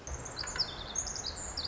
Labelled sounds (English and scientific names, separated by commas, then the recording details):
Pacific Wren (Troglodytes pacificus)
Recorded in Sonoma County, California